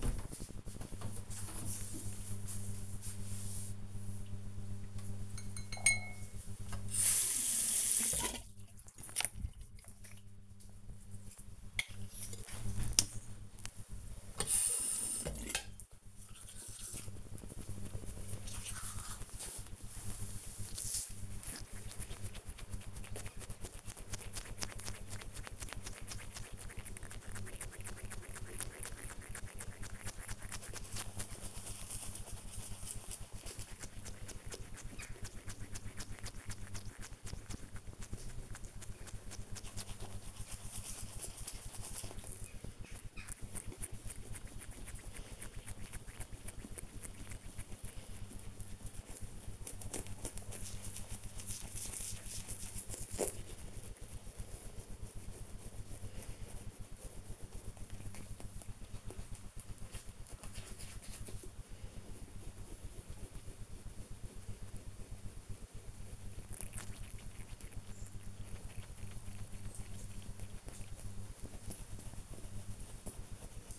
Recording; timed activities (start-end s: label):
household activities, microphone on the right wrist
4.25-73.79 s: brushing teeth